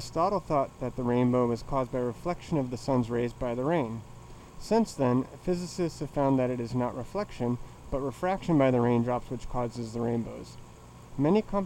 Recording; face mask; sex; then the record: reading aloud; surgical mask; male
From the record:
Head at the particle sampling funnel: tilted down, bridge of the nose in front of it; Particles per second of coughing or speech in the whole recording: 1.81